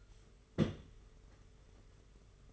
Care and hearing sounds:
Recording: daily activity, microphone in the room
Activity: place on stove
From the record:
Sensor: 4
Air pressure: 991.9 hPa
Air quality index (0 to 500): 85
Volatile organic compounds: 6 ppm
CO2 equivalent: 1938 ppm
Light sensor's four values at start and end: 21/75/27/29 and 21/75/27/29

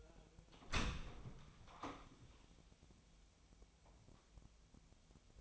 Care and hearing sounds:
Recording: daily activity, microphone in the room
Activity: open door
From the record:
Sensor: 1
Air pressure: 1007.2 hPa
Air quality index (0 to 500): 200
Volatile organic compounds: 20 ppm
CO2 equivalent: 2694 ppm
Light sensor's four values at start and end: 13/32/13/14 and 13/33/13/15

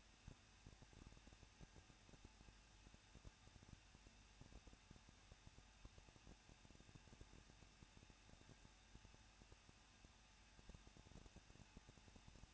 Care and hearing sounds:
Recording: daily activity, microphone in the room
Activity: no activity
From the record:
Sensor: 2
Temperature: 21.0 degrees Celsius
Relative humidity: 37.4%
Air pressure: 1006.2 hPa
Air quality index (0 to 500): 221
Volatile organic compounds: 24 ppm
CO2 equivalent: 2800 ppm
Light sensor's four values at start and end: 2/3/2/2 and 2/3/2/2

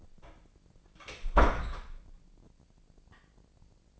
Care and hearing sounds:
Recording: daily activity, microphone in the room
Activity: close door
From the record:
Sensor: 5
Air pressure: 1009.3 hPa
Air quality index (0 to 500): 168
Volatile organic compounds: 2 ppm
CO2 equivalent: 1280 ppm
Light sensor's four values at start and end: 187/445/188/205 and 187/444/188/204

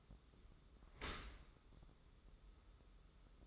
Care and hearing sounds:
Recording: daily activity, microphone in the room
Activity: open dishwasher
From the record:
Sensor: 3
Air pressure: 995.8 hPa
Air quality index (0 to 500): 97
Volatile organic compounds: 13 ppm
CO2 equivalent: 2425 ppm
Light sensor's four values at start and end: 29/88/37/32 and 29/88/37/32

